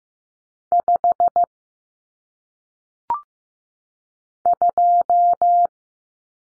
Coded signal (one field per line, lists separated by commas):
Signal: Morse code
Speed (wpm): 15 wpm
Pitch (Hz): 700 Hz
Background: none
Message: 5 2